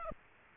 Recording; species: mosquito wingbeat signal from an infrared sensor; Aedes aegypti